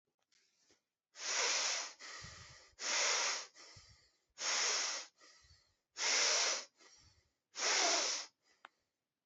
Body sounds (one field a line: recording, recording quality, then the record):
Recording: shallow breathing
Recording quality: excellent, no background noise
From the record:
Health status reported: healthy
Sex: male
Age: 27 years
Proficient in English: yes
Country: India